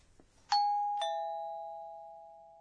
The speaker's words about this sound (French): C'est un carillon? En japonais, on utilise ce mot descriptif. Ping-pong. Lorsqu'un participant à un jeu télévisé donne une bonne réponse, l'animateur dit « ping-pong ».